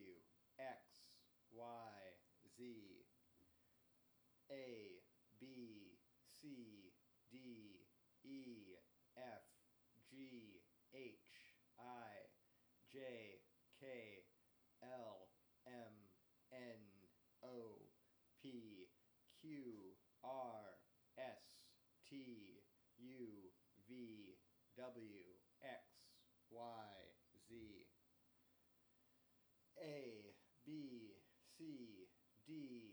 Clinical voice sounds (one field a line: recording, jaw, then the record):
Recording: letters of the alphabet, spoken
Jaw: free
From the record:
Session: first day, before the bite bar